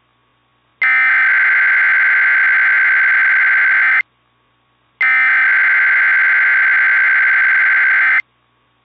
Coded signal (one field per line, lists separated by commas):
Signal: Emergency Alert System (SAME) tones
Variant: header bursts